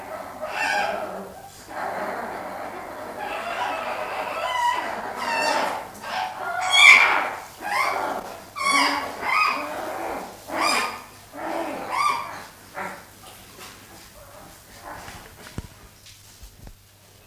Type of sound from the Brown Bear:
call